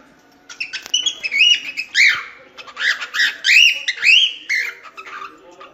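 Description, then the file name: Cockatiel song: a chattering run of warbled, rising-and-falling whistled notes with harsh chirps mixed in, delivered in quick bursts over a faint low hum. Lutino colour variety, song. "canto da calopsita lutino"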